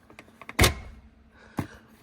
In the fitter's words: And this lever, you're going to pull it and you'll hear a click.